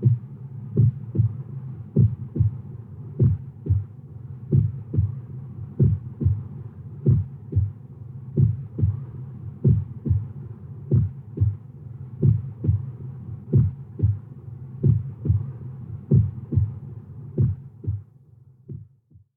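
Heartbeat of an adult.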